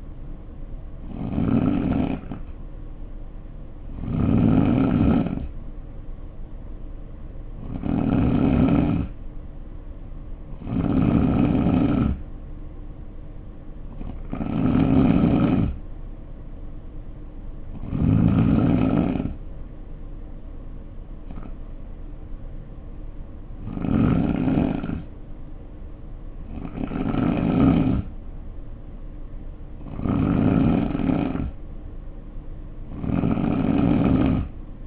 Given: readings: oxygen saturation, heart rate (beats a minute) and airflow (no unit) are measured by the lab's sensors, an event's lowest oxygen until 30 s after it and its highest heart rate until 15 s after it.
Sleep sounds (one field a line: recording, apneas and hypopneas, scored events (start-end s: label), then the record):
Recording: breathing in sleep by a smartphone at the bedside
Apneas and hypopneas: none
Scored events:
29.00-34.87 s: new sleep stage, N3 (deep sleep)
From the record:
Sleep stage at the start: N2 (light sleep)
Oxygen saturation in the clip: 89 to 90%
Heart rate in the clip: 60 to 66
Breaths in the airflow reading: 10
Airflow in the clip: -4.4 to 3.8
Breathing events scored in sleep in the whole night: 520 in 7.2 hours asleep